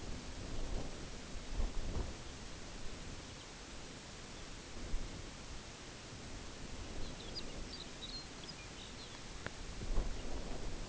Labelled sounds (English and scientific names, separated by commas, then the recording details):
Lapland Longspur (Calcarius lapponicus)
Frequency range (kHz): Lapland Longspur (Calcarius lapponicus) 1.6-5.7 kHz
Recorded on Arctic tundra, site UTQI-0, on 14 June 2019
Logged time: 14:00